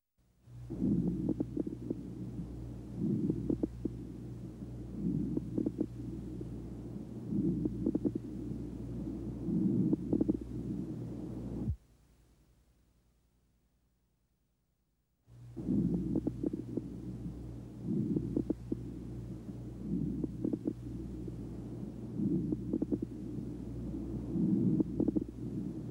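Repeating breath cycles in an adult's lungs, heard through a stethoscope, carry bursts of low, popping, bubbling clicks over a steady low hum, with a brief silent break midway. These are coarse crackles, a sign of fluid or secretions in the larger airways.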